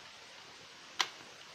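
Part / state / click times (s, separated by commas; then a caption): multimeter test lead plug into negative jack of the meter / seated / 1.0 s. The black test lead's banana plug is pushed into the negative (COM) jack of an analog multimeter, giving one sharp, bright click at 1.0 s as it seats. A much fainter tick follows near 1.6 s over a low, steady background hiss.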